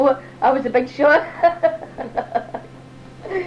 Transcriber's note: laughs